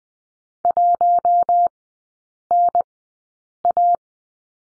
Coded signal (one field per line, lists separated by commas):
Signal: Morse code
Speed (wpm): 20 wpm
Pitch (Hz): 700 Hz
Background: none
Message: 1NA